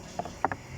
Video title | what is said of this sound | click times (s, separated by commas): Mondeo 2020 how to hard wire a dash cam to go on/off with ignition | and going around and click you'll hear everything click and open | 0.4 s, 0.5 s